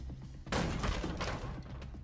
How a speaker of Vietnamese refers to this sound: Cánh cửa đột nhiên bị đập bung ra. Từ bên ngoài một đám người mặc đồ đen che kín khuôn mặt, chỉ hở duy nhất một đôi mắt lao thẳng vào bên trong.